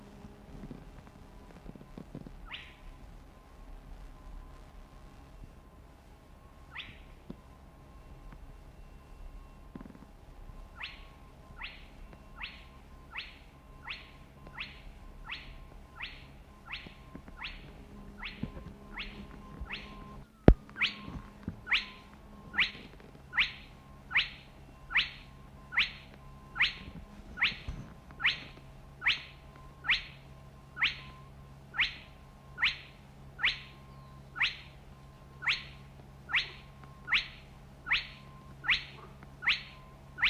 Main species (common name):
Spotted Crake